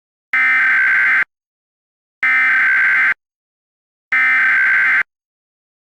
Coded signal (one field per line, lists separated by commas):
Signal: Emergency Alert System (SAME) tones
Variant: header bursts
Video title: COLOSSUS: An EAS Scenario (#9) (feat. @MistfulSkye, @therealchxd, @Snowboi, @op03EAS)